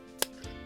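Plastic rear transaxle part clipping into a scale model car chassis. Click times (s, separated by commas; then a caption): 0.2 s. The plastic rear transaxle of a 1/32 scale 1955 Porsche 356 Speedster model kit is pressed into the chassis and clips in. A single sharp, bright snap sounds at 0.2 s over a steady tonal background, followed by a softer, longer low thud around 0.4 s. The transaxle is seated.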